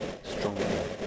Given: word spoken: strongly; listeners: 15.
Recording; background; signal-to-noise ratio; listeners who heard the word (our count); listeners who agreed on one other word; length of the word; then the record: one English word in noise, from a listening test; noise modulated by three-talker babble; -5.5 dB; 3 of 15; 11 of 15; 0.67 s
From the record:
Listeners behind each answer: 11, 3, 1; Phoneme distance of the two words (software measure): 20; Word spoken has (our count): 2 syllables, 7 phonemes, stress on syllable 1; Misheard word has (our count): 2 syllables, 7 phonemes, stress on syllable 1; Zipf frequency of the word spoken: 4.28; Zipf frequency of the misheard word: 4.48